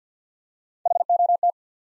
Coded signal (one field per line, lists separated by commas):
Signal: Morse code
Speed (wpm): 50 wpm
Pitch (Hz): 700 Hz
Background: none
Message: H O T